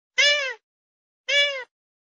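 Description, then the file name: Grey-headed swamphen giving two nasal wails about a second apart. "Tieng trich co"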